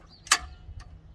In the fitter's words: so that's now locked so to get to the next